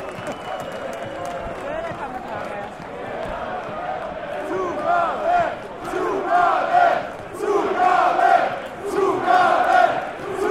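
Football fans chant and sing at a FC St. Pauli match against KSC. A dense crowd of voices rises into rhythmic sung phrases from about six seconds, swelling and dipping in regular waves, over a constant rumbling crowd murmur.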